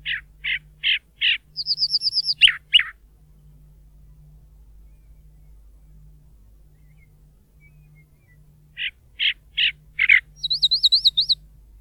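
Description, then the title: Chalk-browed mockingbird song: bursts of four harsh, buzzy notes followed by clear whistled trills, a phrase at the start and another after a long pause, with a low steady hum beneath. Most common mockingbird of the Bahía Blanca area, Argentina; noted for singing and imitating other birds, noises and human whistles; breeds spring to summer; in wooded areas, open woodland, fields, plazas, settlements. "Museo de Ciencias de Bahía Blanca - PdA - Calandria Grande"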